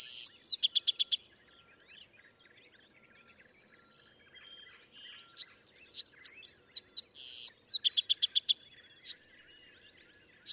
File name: Bewick's Wren